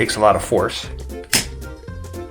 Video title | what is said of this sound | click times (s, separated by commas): Ulanzi COLD SHOE MOUNT ADAPTER for the Osmo Action - Action camera accessories | you hear that click | 1.3 s